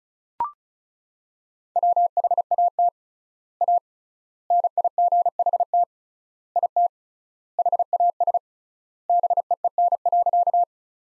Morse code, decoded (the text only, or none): WHAT A NIGHT IT HAS BEEN.